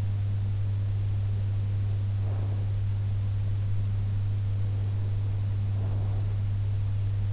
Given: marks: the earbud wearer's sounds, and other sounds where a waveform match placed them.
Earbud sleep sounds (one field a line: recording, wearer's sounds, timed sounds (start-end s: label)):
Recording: sounds in sleep by an in-ear microphone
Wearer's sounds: breath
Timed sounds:
2.12-2.93 s: breath
5.68-6.44 s: breath